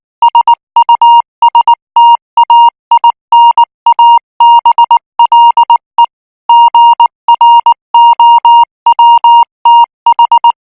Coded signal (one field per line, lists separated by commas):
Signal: Morse code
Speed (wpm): 19 wpm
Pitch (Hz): 940 Hz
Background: music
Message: SUSTAINABLE GROWTH